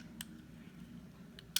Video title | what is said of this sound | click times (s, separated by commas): Glock Tips: Quick & Easy Trigger Pin Removal / Maintenance | slide release. Just give it a little wiggle. Pops right in. | 1.6 s